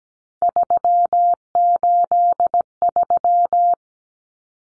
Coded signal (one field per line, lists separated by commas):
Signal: Morse code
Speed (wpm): 17 wpm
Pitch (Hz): 700 Hz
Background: none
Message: 383